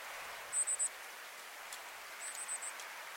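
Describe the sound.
Rufous bush robin giving two quick series of three to four very high, clipped notes against constant hiss.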